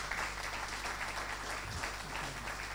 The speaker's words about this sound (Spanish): Bueno, muy bien, agradecemos al ingeniero Solanet. Pido un otro aplauso.